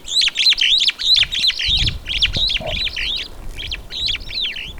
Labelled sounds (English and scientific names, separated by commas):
Superb Starling (Lamprotornis superbus) flight call